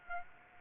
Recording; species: mosquito wingbeat signal from an infrared sensor; Aedes aegypti